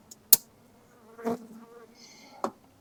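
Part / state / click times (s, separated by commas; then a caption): plastic cover of a wire tap connector on a truck wiring loom / seated / 0.3 s. A plastic cover of a wire tap connector on a truck wiring loom is pressed down over the wire, locking the tap closed. A sharp, loud snap at 0.3 s marks it seating, followed by a softer knock near 1.3 s and another click at about 2.4 s. Words are not spoken.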